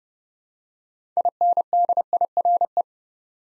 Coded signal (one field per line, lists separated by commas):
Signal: Morse code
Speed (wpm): 30 wpm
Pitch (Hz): 700 Hz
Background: none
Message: INDIRE